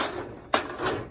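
A vending machine spiral coil and motor assembly is pushed into its plastic tray mount and snaps into place with a single sharp click at 0.5 s, confirming it is seated. Before and after the click there is only a faint, steady background hiss.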